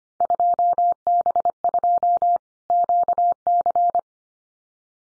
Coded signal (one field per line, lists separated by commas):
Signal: Morse code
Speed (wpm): 25 wpm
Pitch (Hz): 700 Hz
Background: none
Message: 2B2 QC